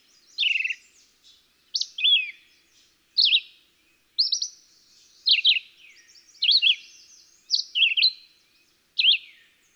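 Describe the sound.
Red-eyed Vireo singing a steady series of short, varied whistled phrases about once a second, sliding up and down.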